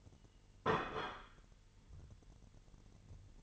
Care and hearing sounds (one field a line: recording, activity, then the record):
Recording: daily activity, microphone in the room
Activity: place plate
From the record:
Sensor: 4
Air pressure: 989.4 hPa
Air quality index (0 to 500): 213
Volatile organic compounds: 61 ppm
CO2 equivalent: 3428 ppm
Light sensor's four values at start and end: 26/91/33/35 and 26/91/33/35